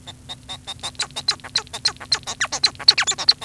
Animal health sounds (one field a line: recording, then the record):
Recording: song of a male Bengalese finch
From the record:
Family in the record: son of father 1